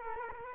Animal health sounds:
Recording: mosquito wingbeat signal from an infrared sensor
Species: Culex quinquefasciatus

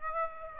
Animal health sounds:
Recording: mosquito wingbeat signal from an infrared sensor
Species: Aedes aegypti

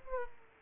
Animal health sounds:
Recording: mosquito wingbeat signal from an infrared sensor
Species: Aedes aegypti

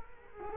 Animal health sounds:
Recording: mosquito wingbeat signal from an infrared sensor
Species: Culex quinquefasciatus

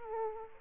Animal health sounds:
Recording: mosquito wingbeat signal from an infrared sensor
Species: Aedes aegypti

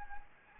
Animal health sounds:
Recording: mosquito wingbeat signal from an infrared sensor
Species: Anopheles gambiae

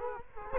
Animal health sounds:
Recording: mosquito wingbeat signal from an infrared sensor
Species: Culex quinquefasciatus

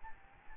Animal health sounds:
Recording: mosquito wingbeat signal from an infrared sensor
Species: Aedes albopictus

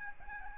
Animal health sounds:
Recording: mosquito wingbeat signal from an infrared sensor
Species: Aedes albopictus

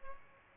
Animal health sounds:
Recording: mosquito wingbeat signal from an infrared sensor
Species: Aedes albopictus

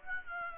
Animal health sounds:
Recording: mosquito wingbeat signal from an infrared sensor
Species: Aedes aegypti

